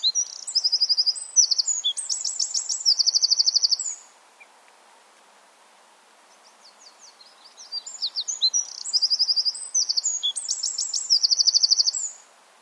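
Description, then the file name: Eurasian wren singing two songs separated by a pause, each a vigorous stream of piercing high notes and rapid trills. "Troglodytes troglodytes"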